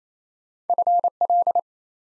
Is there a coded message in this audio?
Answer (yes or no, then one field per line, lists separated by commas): yes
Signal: Morse code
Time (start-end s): 0.7-1.6 s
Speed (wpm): 27 wpm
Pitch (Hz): 700 Hz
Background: none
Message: FL